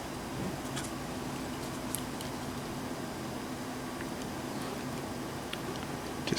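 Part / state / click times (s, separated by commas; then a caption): pull chain switch into ceiling fan switch housing / not seated / none. A wired pull chain switch is handled and lined up with its opening in a ceiling fan switch housing, with faint rustling and small ticks over a steady low background hum. A few sharper handling sounds come near the end, but the switch has not been pushed in yet and nothing has clicked or seated.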